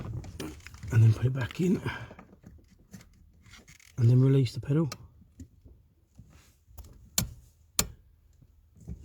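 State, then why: Seated. Someone talks while a brake light switch pin is refitted into the brake pedal bracket of a Ford Mondeo mk3 with the brake pedal pushed in, then the pedal is released. As the switch plunger ratchets out against the pedal, two sharp clicks are heard at 7.2 s and 7.8 s, and the pin seats in its adjusted position.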